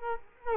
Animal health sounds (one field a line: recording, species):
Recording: mosquito wingbeat signal from an infrared sensor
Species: Culex quinquefasciatus